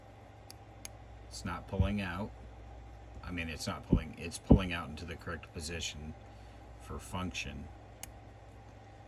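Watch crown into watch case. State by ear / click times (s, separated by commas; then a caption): seated / 8.0 s. A watch crown is pulled out to its setting position and then pushed back into the watch case while someone talks, with two small ticks near the start. A single sharp tick at 8.0 s marks the crown locking back into place.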